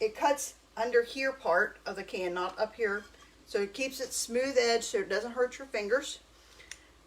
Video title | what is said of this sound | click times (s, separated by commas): Chili Night | Uh, you twist it the other way to unlock it. | 6.7 s